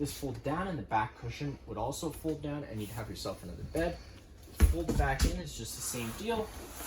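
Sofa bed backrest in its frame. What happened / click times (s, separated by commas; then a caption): The sofa back is being folded in but has not yet snapped into place / none. Someone talks while handling the backrest of a convertible sofa bed in its frame in a 2023 Sportsmen 364 BH, folding the back in, with a few soft handling knocks near the end. Nothing has seated or clicked into place yet.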